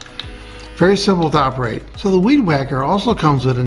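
A new plastic replacement trimmer head is lined up with the nose trimmer body and turned clockwise until it locks on, with a short sharp click at 0.2 s. Someone then talks over quiet background music.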